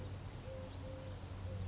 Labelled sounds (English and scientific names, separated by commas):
Eurasian Collared Dove (Streptopelia decaocto)